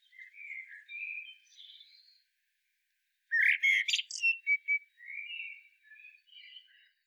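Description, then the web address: Common blackbird singing soft mellow warbles, then a louder phrase with a sharp squeaky twittering flourish, followed by more quiet fluty warbling. "SETE Turdus merula"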